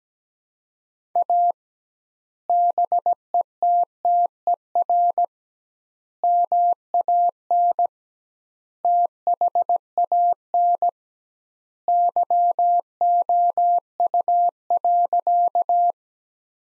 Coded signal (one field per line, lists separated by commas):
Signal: Morse code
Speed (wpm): 17 wpm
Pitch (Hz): 700 Hz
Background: none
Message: A BETTER MAN THAN YOU.